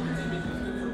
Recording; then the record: background sound without coughing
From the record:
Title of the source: 60 minutes of coffee shop sounds for study and concentration